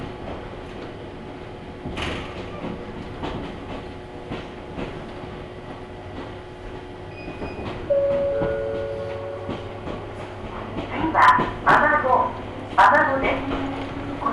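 Onboard an Ohmi Railway train running from Takamiya toward Hikone and Yokaichi, a steady low rumble fills the ride with scattered knocks and clicks. Around eight seconds a brief tonal whine sounds, and after eleven seconds a voice speaks over louder rattling.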